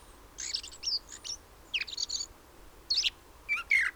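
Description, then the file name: Common blackbird calls: short bursts of high, squeaky chirps and twittering notes in four clusters, separated by brief pauses, over a faint low hum. "Turdus merula"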